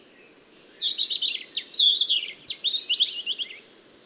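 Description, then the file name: European robin singing a sweet, tumbling phrase of quick high warbled notes and trills in three bursts. "Erithacus rubecula"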